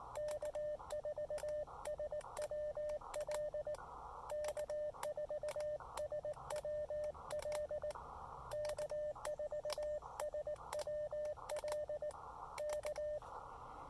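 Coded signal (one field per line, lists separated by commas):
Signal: Morse code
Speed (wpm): 18 wpm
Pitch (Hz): 600 Hz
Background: radio noise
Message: K4SWL K4SWL K4SWL K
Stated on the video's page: Morse from a SOTA summit activation of Mount Pisgah using an Elecraft KX2 and a CHA MPAS Lite antenna.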